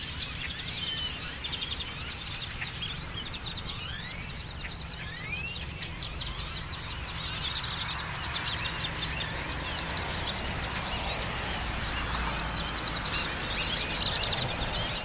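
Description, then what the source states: Birds chattering, many quick squeaky chirps and upswept notes, busiest early and thinning later as a broad traffic roar swells. Birds perched on electrical lines in Austin, Texas, USA, January 2012; binaural field recording made while cycling through the USA.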